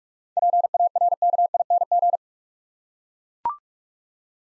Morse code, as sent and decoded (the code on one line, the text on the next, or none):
.--. .- .-. -.- .. -. --.
PARKING